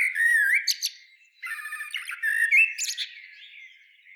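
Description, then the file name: Common blackbird singing: two mellow, fluting whistled phrases around a low warble, each ending in squeaky, high twittering notes, with a short pause between them. "Turdus merula"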